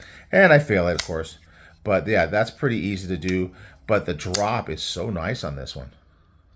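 A large folding knife is handled while someone talks; the blade is about to drop open into its metal lock in the handle with a small shake. Only speech is heard, with no distinct click. Nothing has seated or clicked yet.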